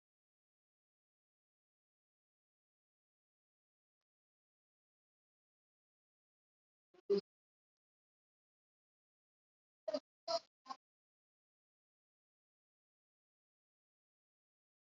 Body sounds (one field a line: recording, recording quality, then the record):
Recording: deep breathing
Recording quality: poor, much background noise or distortion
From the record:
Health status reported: COVID-19 positive, moderate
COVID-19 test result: positive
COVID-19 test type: RT-PCR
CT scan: not taken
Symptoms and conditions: cough, cold, fever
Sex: male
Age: 70 years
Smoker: no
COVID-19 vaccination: both doses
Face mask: worn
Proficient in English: no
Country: India